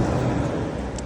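An old wiper blade on a Hyundai Santa Fe is pulled down, turned and lifted so its plastic clip unclips from the hook of the metal wiper arm. Low, steady vehicle and traffic rumble fills the clip before a short, sharp click at 0.99 s as the clip releases and the blade comes off the arm.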